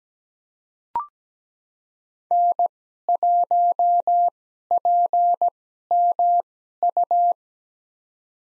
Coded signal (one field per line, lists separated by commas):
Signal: Morse code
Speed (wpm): 17 wpm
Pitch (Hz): 700 Hz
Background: none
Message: N1PMU